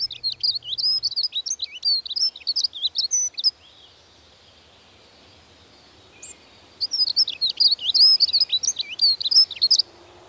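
Dunnock song: fast, high warbling phrases of jumbled squeaky notes, one burst for about three and a half seconds, a pause, then another burst.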